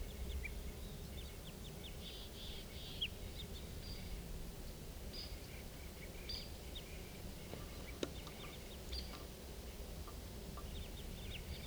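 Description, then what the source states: Crossbill calls: clipped high chips in scattered bursts, with a couple of sharp clicks and constant low background noise. Calling from a tree above a camp in a small clearing at 4:57 p.m.; flock of perhaps five birds.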